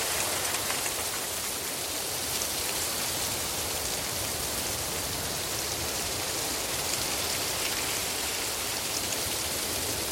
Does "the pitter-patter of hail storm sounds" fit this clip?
yes